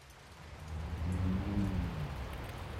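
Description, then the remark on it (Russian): Steady rain patters down on a roof as a dense, continuous hiss over a deep low rumble that swells slightly partway through, with no voices. “Но кроме него она слышала лишь барабанивший по крыше дождь.”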